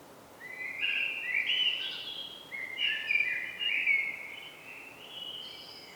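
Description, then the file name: Eurasian blackbird giving several warbling, fluty phrases with short gaps between them, over a constant background hiss. "Turdus merula"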